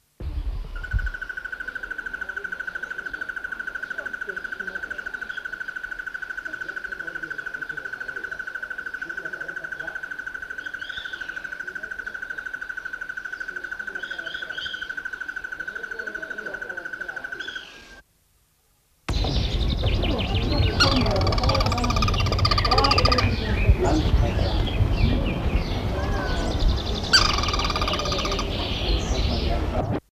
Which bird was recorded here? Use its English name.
Crested Barbet